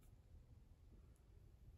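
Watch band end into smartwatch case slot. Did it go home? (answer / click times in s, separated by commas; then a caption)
no / none. The second half of a silicone Apple Watch–compatible band is being handled and slid toward the slot in the smartwatch case. Only a low, steady rumble of handling noise is heard, with no distinct sharp sounds. Nothing has seated or clicked yet.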